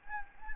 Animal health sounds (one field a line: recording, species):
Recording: mosquito wingbeat signal from an infrared sensor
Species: Anopheles gambiae